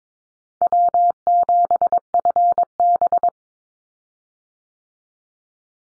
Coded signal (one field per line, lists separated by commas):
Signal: Morse code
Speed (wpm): 22 wpm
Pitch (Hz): 700 Hz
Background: none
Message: W7FB